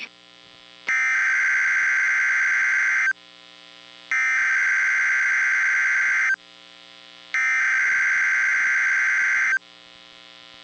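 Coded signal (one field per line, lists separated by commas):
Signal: Emergency Alert System (SAME) tones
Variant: header bursts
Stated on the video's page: AMBER child abduction emergency alert relayed by the National Weather Service Nashville for Tennessee.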